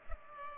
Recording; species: mosquito wingbeat signal from an infrared sensor; Culex pipiens